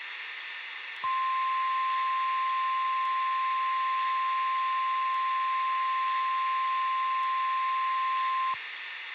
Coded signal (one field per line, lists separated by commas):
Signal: Emergency Alert System (SAME) tones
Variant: 1050 Hz attention tone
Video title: EAS Scenario: The Fire Meteor. (READ DESC) (Christmas Special Replacement)